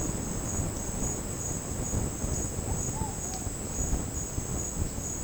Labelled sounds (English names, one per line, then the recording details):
none
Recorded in secondary vegetation near Puerto Asís, Putumayo, Colombia, on 13 March 2025 at 11:30
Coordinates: 0.481, -76.318
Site G097